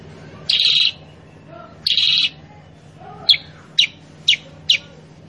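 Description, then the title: Sooty-headed bulbul song: two rasping buzzy notes followed by four crisp, sharp chips about half a second apart, over a faint hum. Masteran (pancingan) recording for training cage birds, intended to prompt loud, vigorous singing; described as sharp-voiced. "Masteran Kutilang Sutra. PANCINGAN KUTILANG SUTRA GACOR SUARA PEDAS"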